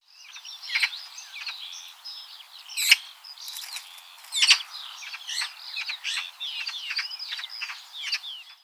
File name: Pica pica